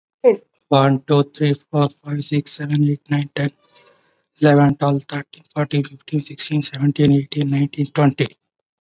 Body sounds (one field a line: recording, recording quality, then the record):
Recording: counting at a fast pace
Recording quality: moderate, slight background noise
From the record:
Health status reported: COVID-19 positive, moderate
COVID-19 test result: positive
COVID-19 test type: RT-PCR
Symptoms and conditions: cough, fever, fatigue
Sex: male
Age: 46 years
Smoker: no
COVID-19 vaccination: both doses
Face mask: worn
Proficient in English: yes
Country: India